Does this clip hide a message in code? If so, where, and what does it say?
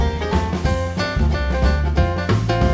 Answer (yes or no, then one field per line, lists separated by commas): no